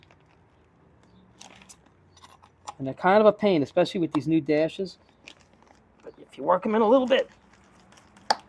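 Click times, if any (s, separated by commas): 8.3 s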